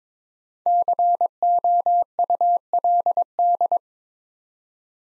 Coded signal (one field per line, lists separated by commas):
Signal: Morse code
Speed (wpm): 22 wpm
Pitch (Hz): 700 Hz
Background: none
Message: COULD